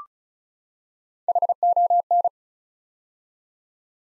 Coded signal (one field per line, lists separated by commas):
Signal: Morse code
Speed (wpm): 35 wpm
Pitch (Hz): 700 Hz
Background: none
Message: HON